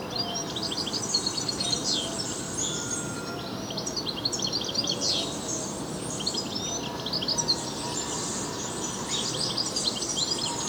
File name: Carduelis carduelis